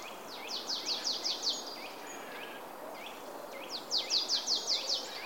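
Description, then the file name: Marsh tit calling: two bursts of about six sharp, high downslurred notes in quick succession, with scattered softer notes between, over a steady hiss. "Poecile palustris"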